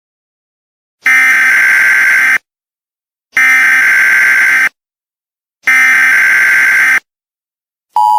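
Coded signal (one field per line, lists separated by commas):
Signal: Emergency Alert System (SAME) tones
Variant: header bursts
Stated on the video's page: Fictional EAS scenario of a tornado warning for the Bellingham, Washington and Abbotsford, BC area.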